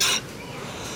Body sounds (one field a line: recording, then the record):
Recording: coughing mixed with background sound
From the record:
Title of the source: 64 coughing, allergies, singing lungs